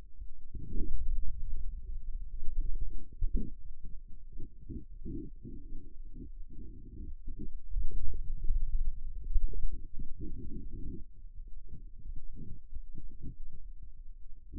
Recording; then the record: forearm muscle sounds (acoustic myography)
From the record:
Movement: inward rotation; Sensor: system 2, bracelet of six BSWA MPA416 microphones around the upper forearm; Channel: 6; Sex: male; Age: 22 years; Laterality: right